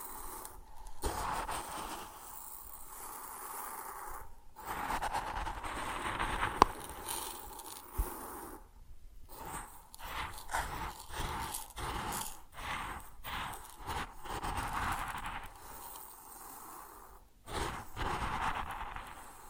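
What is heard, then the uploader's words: Grain rustles and pours in a dense, hissy stream that keeps stopping and starting, with short silences near 1, 4.5 and 9 seconds and rapid choppy breaks from about 10 to 17 seconds. A sharp click stands out around 6.5 seconds. ASMR Grain Sounds (No Talking).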